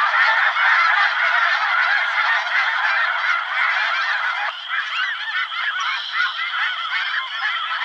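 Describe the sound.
Snow goose flock in full cry, a loud mass of overlapping honks and yelps, slightly quieter but still busy after the midpoint.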